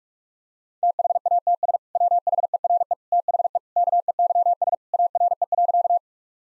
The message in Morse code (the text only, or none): THATS WHERE THE KEYS ARE.